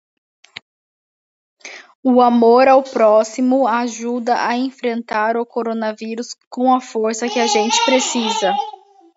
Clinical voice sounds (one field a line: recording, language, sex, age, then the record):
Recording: spoken sentence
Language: Brazilian Portuguese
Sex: female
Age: 20 to 29 years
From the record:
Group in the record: control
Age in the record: 22 years